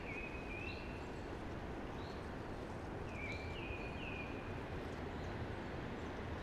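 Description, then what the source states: Eurasian blackbird song, soft warbled fluting phrases with brief higher notes, partly masked by a steady broad rushing noise. Early blackbird singing amongst hushing conifers.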